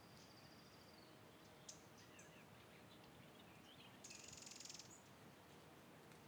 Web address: Raconteur Sound - Spring in the Pacific Northwest- Ambiences Amb, Field, Birds, Wind, MS